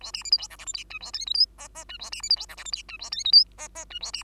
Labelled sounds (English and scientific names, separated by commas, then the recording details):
Bengalese Finch (Lonchura striata domestica) song
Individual Bird2